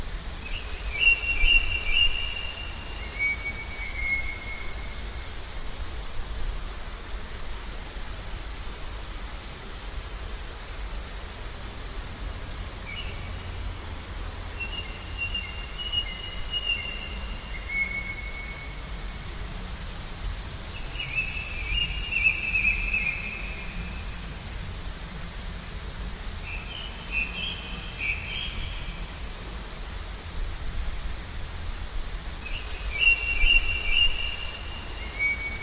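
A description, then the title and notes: Birds sing in a forest in the morning, their calls coming in short bright phrases every few seconds, with a thin high chirring in bursts around 0–3, 19–24 and 32–35 seconds. Beneath them runs a steady soft hiss of ambient noise. Morning Birds. Forest Ambience.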